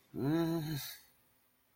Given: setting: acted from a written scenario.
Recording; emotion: vocal sound without words; guilt